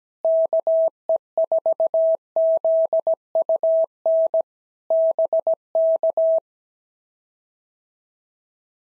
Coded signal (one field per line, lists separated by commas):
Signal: Morse code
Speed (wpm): 17 wpm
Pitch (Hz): 650 Hz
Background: none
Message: KE4ZUN BK